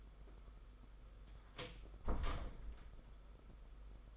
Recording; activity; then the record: daily activity, microphone in the room; close door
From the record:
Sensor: 5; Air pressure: 991.8 hPa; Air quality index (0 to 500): 130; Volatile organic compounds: 68 ppm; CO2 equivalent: 3504 ppm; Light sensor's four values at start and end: 34/112/42/45 and 34/112/42/45